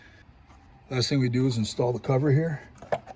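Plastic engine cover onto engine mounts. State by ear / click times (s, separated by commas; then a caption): not seated / none. Someone talks while handling the plastic engine top cover, about to press it down onto its engine mounts on a 2015 Chevy Cruze with a 1.4 engine after a valve cover gasket replacement. A brief faint tap is heard near 2.8 s, but the cover has not snapped into place yet; nothing has seated or clicked.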